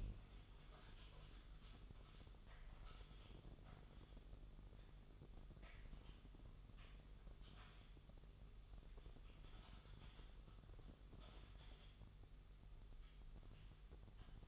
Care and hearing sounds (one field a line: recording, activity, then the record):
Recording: daily activity, microphone in the room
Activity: typing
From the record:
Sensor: 4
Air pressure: 989.6 hPa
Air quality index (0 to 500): 226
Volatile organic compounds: 87 ppm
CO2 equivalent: 3660 ppm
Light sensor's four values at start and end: 26/91/33/35 and 26/91/33/35